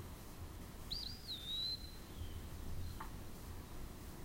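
Eastern wood-pewee sings one sweet slurred whistle, rising then falling and trailing off; a brief faint tick follows, with low rumbling background noise throughout.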